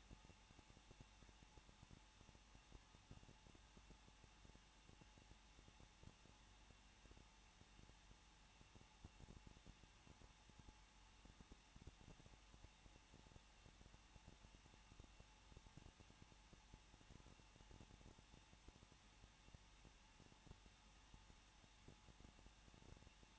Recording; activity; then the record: daily activity, microphone in the room; no activity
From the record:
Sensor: 1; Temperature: 20.1 degrees Celsius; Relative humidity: 39.2%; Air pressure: 1006.3 hPa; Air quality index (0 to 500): 218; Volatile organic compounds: 78 ppm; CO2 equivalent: 3588 ppm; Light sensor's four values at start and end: 1/2/1/1 and 1/2/1/1